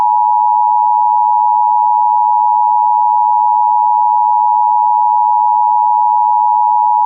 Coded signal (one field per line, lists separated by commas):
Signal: Emergency Alert System (SAME) tones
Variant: 853 and 960 Hz attention tone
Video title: EAS Child Abduction (AMBER Alert) Downingtown, Pennsylvania Regional Alert